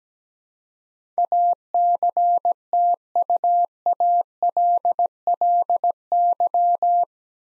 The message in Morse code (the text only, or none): ACTUALLY